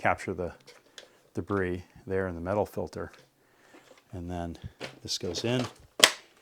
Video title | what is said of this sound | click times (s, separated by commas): Shark Vacuum Cleaner Unboxing | Clicks in place and then the wand actually | 6.0 s